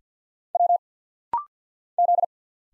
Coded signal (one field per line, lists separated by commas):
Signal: Morse code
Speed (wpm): 50 wpm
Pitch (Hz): 700 Hz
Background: none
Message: W Z